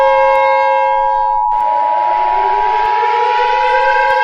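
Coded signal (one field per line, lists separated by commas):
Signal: Emergency Alert System (SAME) tones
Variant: 853 and 960 Hz attention tone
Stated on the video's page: Fictional EAS scenario.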